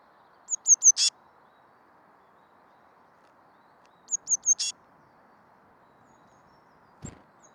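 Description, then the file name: Eurasian blue tit call of three high, thin notes ending in a brief scratchy buzz, given twice, with a single low knock near the end. "Cyanistes caeruleus"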